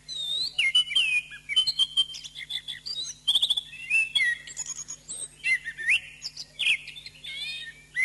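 Thrush song of bright slurred whistles and dry buzzy clicks, phrases tumbling quickly one after another with little rest; low hum throughout.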